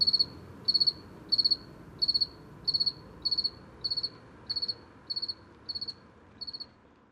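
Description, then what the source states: Two-spotted cricket giving high, buzzy pulsed chirps about every two-thirds of a second, steady in pace and slowly fading toward the end, with only faint background noise. Heard late in the season on 21 October, after 8 pm on a mild night, in a small village street at 420 m altitude in Luc-en-Diois.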